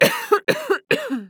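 Three quick coughs from an adult woman in about one second, each a sharp explosive burst trailing into a brief voiced, higher-pitched tail, in a small quiet room.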